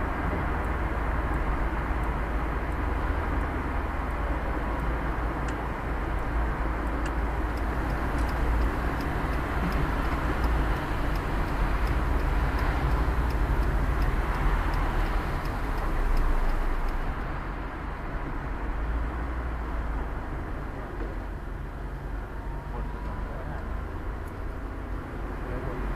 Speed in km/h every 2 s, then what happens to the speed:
26, 22, 16, 11, 6, 3, 6, 8, 0, 0, 0, 0, 0.
0-9 slows to 3. 9-14 steady at about 6. 14-16 brakes to 0. 16-26 standing.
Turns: none.